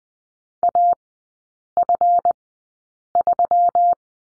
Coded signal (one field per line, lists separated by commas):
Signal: Morse code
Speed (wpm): 20 wpm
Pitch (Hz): 700 Hz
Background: none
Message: AF3